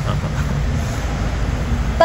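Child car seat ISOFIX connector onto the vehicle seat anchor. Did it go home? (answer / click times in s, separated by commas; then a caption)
yes / 2.0 s. An Akeeva Xplore 360 child car seat's ISOFIX connector is pushed onto the anchor bar of a Toyota Rush seat, with a steady low rumble underneath. A single sharp click at 2.0 s shows the connector has locked onto the anchor.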